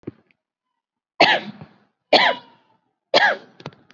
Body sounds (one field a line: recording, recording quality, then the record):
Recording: heavy voluntary cough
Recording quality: excellent, no background noise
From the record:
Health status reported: COVID-19 positive, mild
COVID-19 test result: positive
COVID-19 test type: RT-PCR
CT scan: not taken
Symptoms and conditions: none ticked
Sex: female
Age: 25 years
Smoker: no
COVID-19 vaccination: none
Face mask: not worn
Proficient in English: yes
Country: India